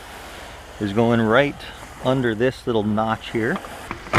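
Someone talks while lowering the battery pack onto an Epropulsion Spirit 1.0 electric outboard motor mount, guiding its release latch under a small notch. Two brief knocks sound near 3.9 s and 4.2 s, but the pack has not seated or dropped into place yet.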